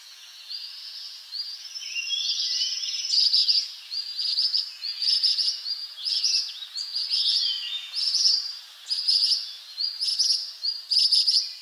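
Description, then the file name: Ashy minivet giving high, metallic trilled calls in bursts, repeated about once a second. "Pericrocotus divaricatus"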